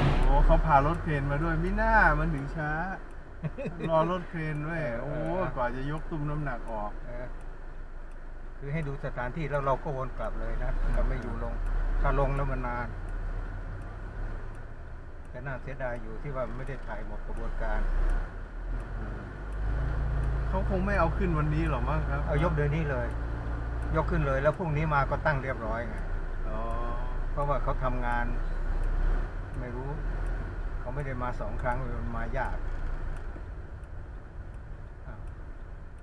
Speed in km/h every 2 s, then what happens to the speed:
2, 2, 1, 1, 0, 0, 1, 2, 2, 2, 6, 8, 11, 10, 10, 11, 9, 7.
0-18 standing. 18-24 pulls away to 11. 24-30 steady at about 10.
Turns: none.